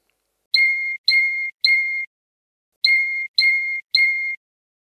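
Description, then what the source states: Russian canary giving clear ringing bell-like strokes, two bursts of three evenly spaced notes, each starting with a brief bright attack and holding a steady tone. Russian canary song tour 'otboy': ringing hammer strokes rendered 'ton-ton-ton' or 'tson-tson-tson', closing the classic canary song after the trilled yula tour.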